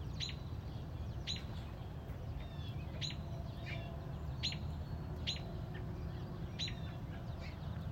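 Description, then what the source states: Robin calls: short, sharp high chips repeated at irregular intervals, with faint other bird notes and a steady low rumble underneath. Mother robin on a front porch protecting a newly hatched chick.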